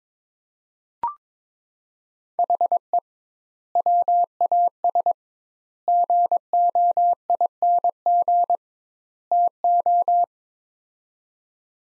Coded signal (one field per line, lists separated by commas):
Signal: Morse code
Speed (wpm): 21 wpm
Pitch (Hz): 700 Hz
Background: none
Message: HE WAS GOING TO